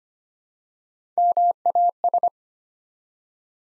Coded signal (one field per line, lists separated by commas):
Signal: Morse code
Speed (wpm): 25 wpm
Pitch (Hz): 700 Hz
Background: none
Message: MAS